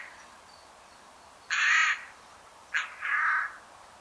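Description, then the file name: Eurasian jay calling with two hoarse, grating screeches, the second preceded by a brief sharp note, against a quiet background. "Garrulus glandarius"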